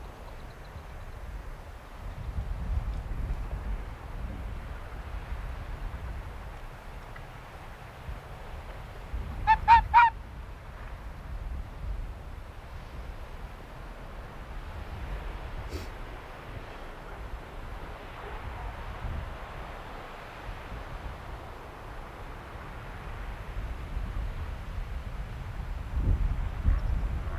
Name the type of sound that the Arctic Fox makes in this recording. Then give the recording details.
barking. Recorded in the wild. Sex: male. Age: adult. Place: Insel Mednyi, Kommandeur-Inseln, RU. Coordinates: 54.5167, 168.083. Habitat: tundra. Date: 1999-06-26 18:51. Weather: cloudy, 8°C, weak winds. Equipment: Sony TCD-D8, Sennheiser MKH 70, Windkorb. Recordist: Frommolt, Karl-Heinz. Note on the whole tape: Hütten im Südosten der Insel: Bellstrophen des Polarfuchsrüden (Alopex lagopus) rechts Grün/Grün 68 (geb. 1997) in der Nähe der Höhle unter dem Schuppen. Tier entfernt sich dann zum Strand. Entfernung 5-20 m. Aufnahmen mit automatischer Aussteuerung - Verzerrungen. Teilweise Messung des Schallpegels. Bellstrophe 2 - 80,9 dB (A); 3 - 81,1 dB(A); 4 - 81,1 dB (A); 5 - 79,2 dB (A); 6 - 67,5 dB (A)